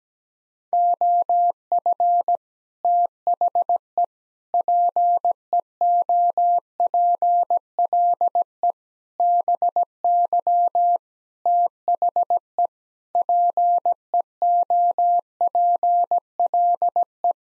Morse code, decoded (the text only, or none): OF THE PEOPLE BY THE PEOPLE